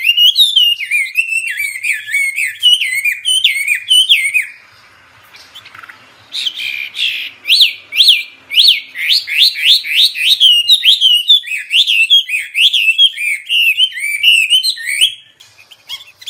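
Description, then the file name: Hwamei song of rich looping whistles, a short quiet break, then fast rising whistled notes repeated in a steady run. Hwamei (wambi) described as a special, lively singer (gacor). "Burung Hwamei Wambi wambie Istimewa Gacor"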